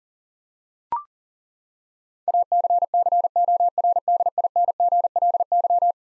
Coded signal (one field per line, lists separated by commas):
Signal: Morse code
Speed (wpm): 37 wpm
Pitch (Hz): 700 Hz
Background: none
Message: ACCORDINGLY